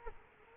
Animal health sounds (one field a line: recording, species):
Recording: mosquito wingbeat signal from an infrared sensor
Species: Culex quinquefasciatus